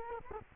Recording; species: mosquito wingbeat signal from an infrared sensor; Culex quinquefasciatus